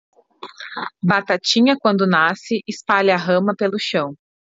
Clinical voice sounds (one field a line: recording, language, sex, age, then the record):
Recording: short text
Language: Brazilian Portuguese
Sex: female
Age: 20 to 29 years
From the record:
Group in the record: control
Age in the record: 28 years